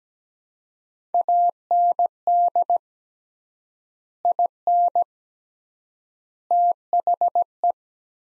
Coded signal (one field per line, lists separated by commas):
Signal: Morse code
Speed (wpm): 17 wpm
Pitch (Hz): 700 Hz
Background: none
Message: AND IN THE